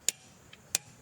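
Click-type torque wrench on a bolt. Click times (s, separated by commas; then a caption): 0.1 s, 0.8 s. A click-type torque wrench tightens a bolt and clicks as it reaches its set torque. Two sharp, bright clicks land at 0.1 s and 0.8 s, with a much fainter tick near 0.5 s between them. The wrench has reached its torque setting.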